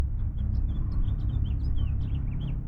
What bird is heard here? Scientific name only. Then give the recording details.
Haemorhous mexicanus. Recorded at Neponsit on Long Island, New York, on 4 June 1975. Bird B